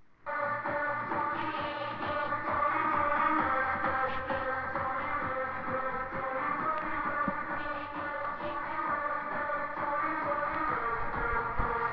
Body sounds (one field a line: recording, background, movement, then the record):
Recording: deep breathing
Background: music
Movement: walking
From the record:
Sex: female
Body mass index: 36.4 kg/m2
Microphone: on the chest, facing the body